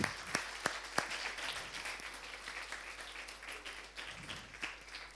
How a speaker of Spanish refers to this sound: El calzado, muy bien, la espada y el escudo, muy bien, un aplauso para todos.